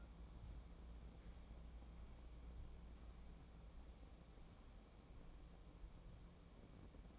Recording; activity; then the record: daily activity, microphone in the room; wipe stove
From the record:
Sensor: 1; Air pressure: 1012.3 hPa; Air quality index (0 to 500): 162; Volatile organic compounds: 3 ppm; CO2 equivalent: 1324 ppm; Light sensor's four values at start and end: 561/1286/574/670 and 556/1274/569/663